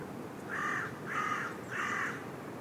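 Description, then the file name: Carrion crow calling, three hoarse, drawn-out caws evenly spaced over a couple of seconds. "Corvus corone"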